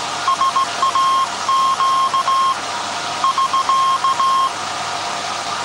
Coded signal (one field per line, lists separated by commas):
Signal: Morse code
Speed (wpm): 17 wpm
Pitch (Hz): 1070 Hz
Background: none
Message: SAQ <SK>